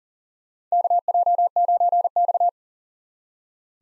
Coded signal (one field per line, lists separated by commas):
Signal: Morse code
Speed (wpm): 40 wpm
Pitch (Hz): 700 Hz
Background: none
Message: KJ9X